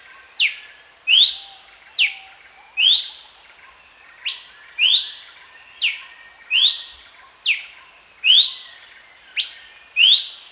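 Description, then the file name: Horsfield's babbler calling in paired whistled notes, a sharp falling note followed by a rising one, repeated about every one and a half to two seconds. Recorded at Danum on 1 January 2008. "DANUM 20080101"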